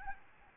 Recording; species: mosquito wingbeat signal from an infrared sensor; Aedes albopictus